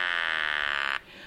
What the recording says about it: This is a little electronic buzzer which is used, for example, if you have to have your larynx removed through throat cancer, what do you do to speak? Well, you get a buzzer which sounds like this. that buzz is what goes in at the larynx level as we speak.